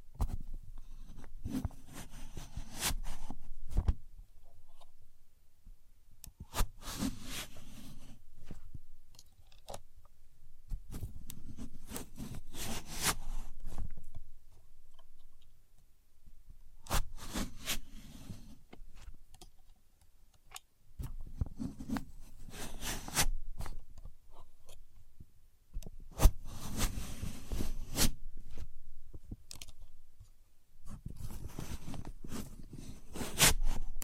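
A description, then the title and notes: A contour gauge being pressed and pulled in repeated scraping, rattly bursts about every three to four seconds, with short quiet gaps between. Using A Contour Gauge (No Talking).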